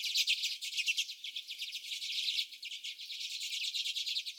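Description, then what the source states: Common redpolls chattering nonstop, thick overlapping twittering and rattling chips throughout. Several common redpolls.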